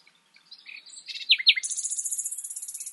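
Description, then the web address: Common nightingale song with varied soft notes, two sharp loud slurs, then a long rapid buzzy trill of repeated notes. "SETE Luscinia megarhynchos"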